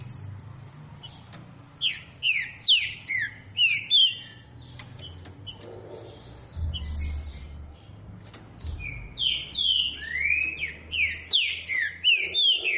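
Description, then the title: Green-winged saltator giving two bursts of loud, repeated downslurred whistles separated by a quieter pause with faint chirps and low rumbling noise. "Canto De Trinca Ferro Voz 09. TRINCA FERRO CANTANDO FORTE. ESQUENTAR TRINCA FERRO"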